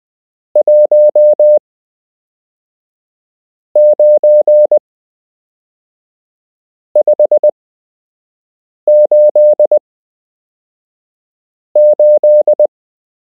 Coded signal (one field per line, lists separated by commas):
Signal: Morse code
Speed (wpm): 20 wpm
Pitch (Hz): 600 Hz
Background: none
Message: 19588